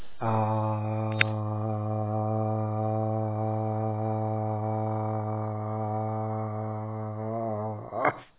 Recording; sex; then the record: sustained vowel /a/; male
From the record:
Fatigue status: fatigue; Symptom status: symptomatic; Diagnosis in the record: COVID-19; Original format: 3gp